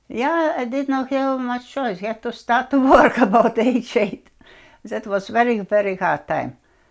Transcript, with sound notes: I did not have much choice. You have to start to work (she laughs) about age eight. That was very, very hard time.